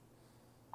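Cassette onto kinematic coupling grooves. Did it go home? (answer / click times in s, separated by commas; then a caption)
no / none. A wafer-cassette-style part is handled above a kinematic coupling's grooves, set roughly aligned and about to drop into its seat. There is a low steady background with a brief sharp transient near 0.7 s. The part has not seated or clicked into place yet.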